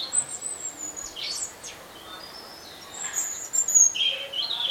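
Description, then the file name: European robin song, thin drawn-out high whistles alternating with short warbled notes, pausing midway before a brighter closing phrase. "Erithacus rubecula"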